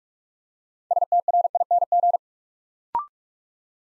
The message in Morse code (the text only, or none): STRING